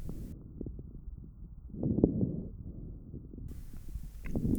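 Lungs of an adult by stethoscope, simulated, auscultated from the back during breathing. Symmetrical bibasilar crackles at the lung bases, in a patient with aortic stenosis and congestive heart failure.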